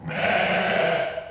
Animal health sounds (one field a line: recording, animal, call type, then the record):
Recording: contact call of a hoofed animal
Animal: sheep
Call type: low-frequency (closed-mouth) or high-frequency (open-mouth) call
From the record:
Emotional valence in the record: negative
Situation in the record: short social isolation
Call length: 1.31 s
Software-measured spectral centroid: 1790 Hz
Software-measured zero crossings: 2280 a second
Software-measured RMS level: -24 dBFS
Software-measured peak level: -9 dBFS